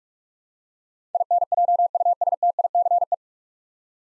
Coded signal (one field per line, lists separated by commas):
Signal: Morse code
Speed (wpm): 44 wpm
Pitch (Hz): 700 Hz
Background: none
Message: INJUSTICE